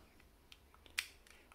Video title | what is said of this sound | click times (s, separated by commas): [HOW TO] CYMA CM.009C M16 VN DISASSEMBLY - Internal Review | and it is tricky there we go you should now hear it | 1.0 s